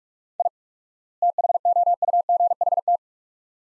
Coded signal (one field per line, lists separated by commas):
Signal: Morse code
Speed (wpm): 46 wpm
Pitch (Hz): 700 Hz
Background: none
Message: I THOUGHT